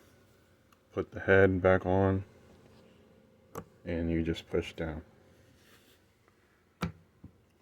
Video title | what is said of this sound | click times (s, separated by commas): doll maintenance: eye lash reseat and wig | you just push down until you hear it clicking like that | 6.8 s